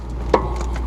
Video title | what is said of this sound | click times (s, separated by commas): RhinoAG EPIC 4150 Heavy Duty Flex-Wing Rotary Cutter | set the PTO up there snap it in place it's | 0.4 s